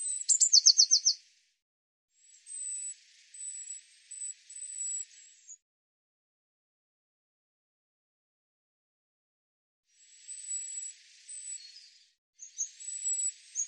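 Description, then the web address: Eurasian blue tit calls: a quick buzzy trill opens, followed by thin high piping notes in short groups, with long quiet gaps between. "cianscape birddata Deverinetal 2025 File cleaned normalized Bird Cy Ca"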